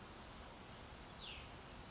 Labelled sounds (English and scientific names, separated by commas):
Cassin's Vireo (Vireo cassinii)